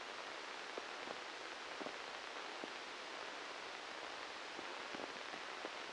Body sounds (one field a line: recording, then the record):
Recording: brain microelectrode recording played as sound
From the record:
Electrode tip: inside the subthalamic nucleus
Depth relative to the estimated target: 1 mm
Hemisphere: left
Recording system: NeuroSet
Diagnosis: Parkinson's disease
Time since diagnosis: 13 years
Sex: male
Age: 63 years